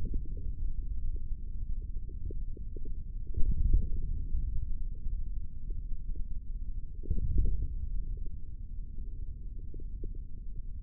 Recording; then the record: forearm muscle sounds (acoustic myography)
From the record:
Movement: hand closing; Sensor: system 3, bracelet of six PUI Audio POM-2738L microphones around the upper forearm, with dedicated amplification and filtering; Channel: 4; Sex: male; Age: 25 years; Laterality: right